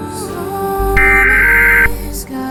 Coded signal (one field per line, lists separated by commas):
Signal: Emergency Alert System (SAME) tones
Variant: header bursts